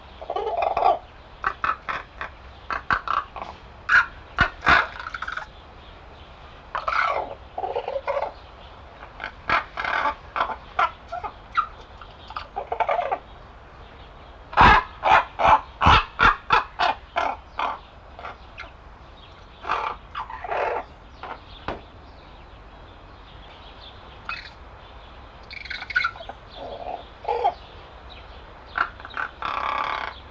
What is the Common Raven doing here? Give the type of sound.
call